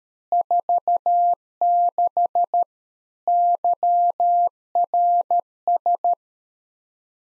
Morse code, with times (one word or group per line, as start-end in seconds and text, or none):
0.3-2.6 46
3.3-6.1 YRS